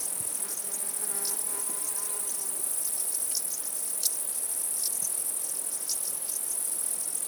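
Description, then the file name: Crickets trill in a dense, continuous high-pitched chorus, with scattered brighter chirps and a faint low tonal hum early on. Crickets chirping at night. "Night Sounds, Cricket Sounds, Sounds of Nature Zone"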